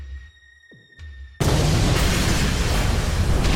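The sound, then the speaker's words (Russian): Melta charges blow through doors, pouring a stream of molten metal onto a deck: after a quiet hum and a brief whistling sweep, a sudden loud blast erupts into a sustained, harsh roaring hiss that continues to the end. “Раздается свист и скрежет. Внезапно на палубу изливается поток расплавленного металла. Сработали мелтозаряды. Двери пробиты”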